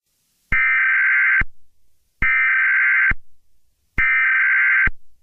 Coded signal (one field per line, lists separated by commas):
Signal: Emergency Alert System (SAME) tones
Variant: header bursts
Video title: EAS Scenario #40: Bunnyman Rampage: Gilead Insurgency